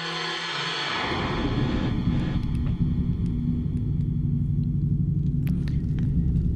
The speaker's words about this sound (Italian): Quelle che state ascoltando sono sonorità emesse dal Silent Drum, ovvero un tamburo silenzioso, che come sentite non è affatto silenzioso, ma lo è come tamburo, questo sì.